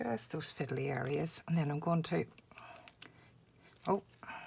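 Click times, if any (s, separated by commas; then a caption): 3.9 s. A plastic cap is pushed back onto an alcohol blending marker and clicks shut at 3.9 s, showing it is closed properly before switching to the brush end. Someone talks throughout, and a few soft taps sound just before the click.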